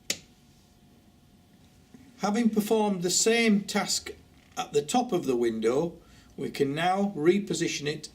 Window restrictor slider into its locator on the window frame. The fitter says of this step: sliding the slider along until it clicks having